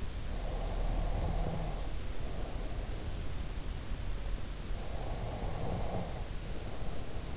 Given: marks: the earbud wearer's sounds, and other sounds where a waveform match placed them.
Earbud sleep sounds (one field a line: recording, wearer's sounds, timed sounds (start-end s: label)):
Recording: sounds in sleep by an in-ear microphone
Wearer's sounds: breath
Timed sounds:
0.31-2.78 s: breath
4.79-7.37 s: breath